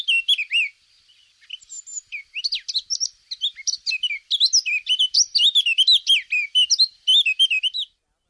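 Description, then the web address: Eurasian blackcap giving a rapid, jumbled warble of high chirps and twittering notes: a short opening burst, a brief pause, then almost without a break to the end. Labelled as contact (kontakt). "kontakt moenchsgrasmuecke"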